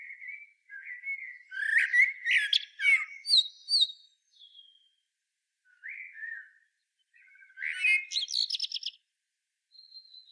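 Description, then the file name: Common blackbird delivering mellow whistled phrases mixed with squeaky, chattering high notes, separated by brief quiet gaps, with a thin high whistle at the end. "Turdus merula"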